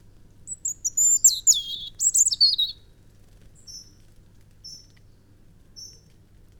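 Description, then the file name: European robin song: a fast jumble of high, sparkling notes for two seconds, followed by three thin high whistles spaced about a second apart. "Erithacus rubecula"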